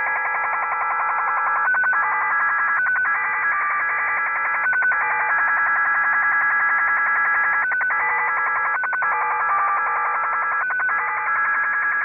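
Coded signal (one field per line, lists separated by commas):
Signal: HF data modem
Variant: XSL Japanese Slot Machine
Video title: |XSL "Japanese Slot Machine"| idle broadcast 9.June 2024 11:53 UTC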